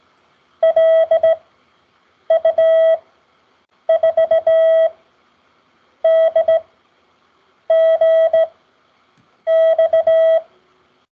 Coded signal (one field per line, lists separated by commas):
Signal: Morse code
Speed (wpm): 17 wpm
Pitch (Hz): 650 Hz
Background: none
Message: LU4DGX